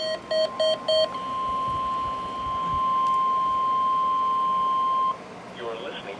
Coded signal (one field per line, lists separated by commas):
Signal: Emergency Alert System (SAME) tones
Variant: 1050 Hz attention tone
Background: speech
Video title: Required Weekly Test (6/12/19) (EAS #262)